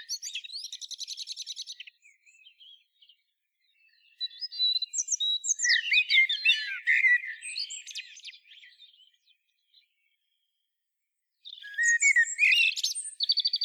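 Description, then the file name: Common blackbird song opening with a rapid high rattling twitter, then a long jumble of squeaky and warbled notes, and another twitter after a pause. "Turdus merula"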